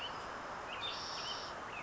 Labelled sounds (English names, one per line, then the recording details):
Spotted Towhee
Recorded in Sonoma County, California